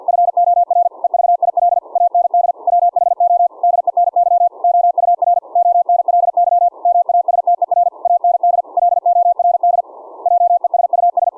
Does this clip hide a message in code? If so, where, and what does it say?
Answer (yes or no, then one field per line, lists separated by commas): yes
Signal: Morse code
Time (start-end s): 0.1-11.3 s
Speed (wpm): 50 wpm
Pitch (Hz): 700 Hz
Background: none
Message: FOR EVIL AND WHO DENY OUR ONLY MASTER AND LORD JESUS